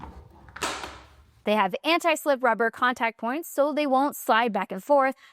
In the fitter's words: Each one clicks on the rail with a very satisfying snap.